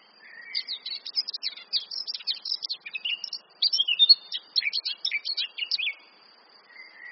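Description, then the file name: Eurasian blackcap singing a dense, chattering warble of quick varied notes, rising in loudness midway, then fading out, with a thin steady high tone behind. "Sylvia atricapilla"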